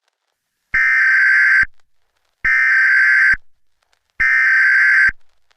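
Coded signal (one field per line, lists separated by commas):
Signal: Emergency Alert System (SAME) tones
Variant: header bursts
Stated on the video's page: Fictional alien invasion emergency alert scenario set in 2055.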